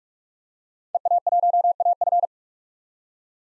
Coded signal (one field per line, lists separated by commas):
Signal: Morse code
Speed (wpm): 46 wpm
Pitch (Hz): 700 Hz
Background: none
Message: EA1AF